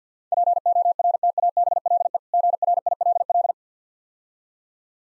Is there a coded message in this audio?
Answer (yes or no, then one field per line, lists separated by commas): yes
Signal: Morse code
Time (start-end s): 0.3-3.5 s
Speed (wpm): 52 wpm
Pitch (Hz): 700 Hz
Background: none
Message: PORTABLE GRILL